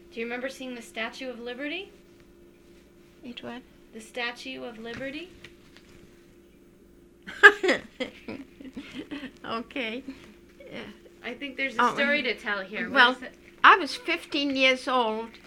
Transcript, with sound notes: Do you remember seeing the Statue of Liberty?
The what?
The Statue of Liberty.
[Laughs] Ok.
I think there's a story to tell here.
Well, I was fifteen years old